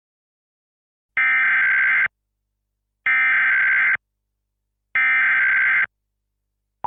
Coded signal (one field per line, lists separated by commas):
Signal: Emergency Alert System (SAME) tones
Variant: header bursts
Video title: EAS Scenario #5: Goo Goo Gaga Meme Outbreak - An EAS Mega Scenario